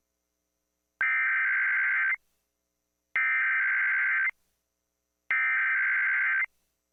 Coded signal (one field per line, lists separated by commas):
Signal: Emergency Alert System (SAME) tones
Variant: header bursts